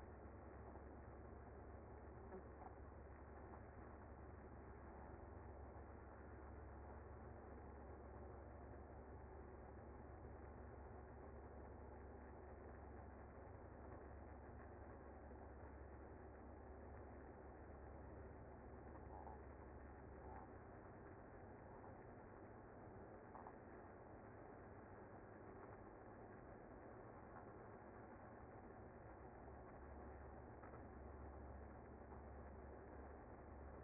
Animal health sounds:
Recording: honeybee colony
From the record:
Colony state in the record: active

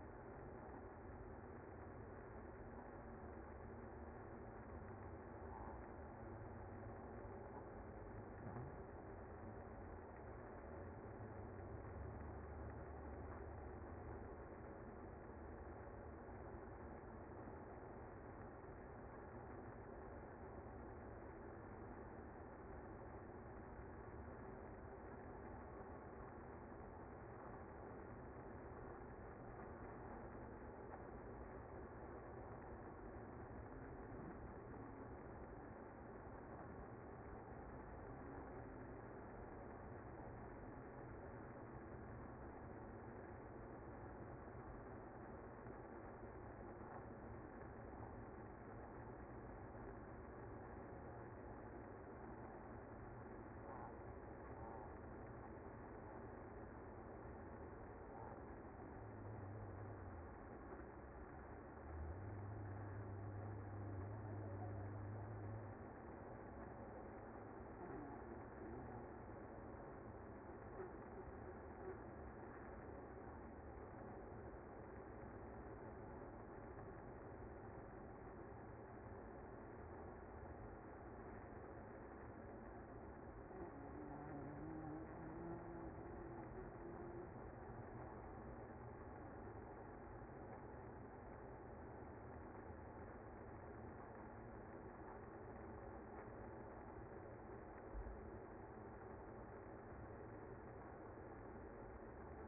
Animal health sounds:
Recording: honeybee colony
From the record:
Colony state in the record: active

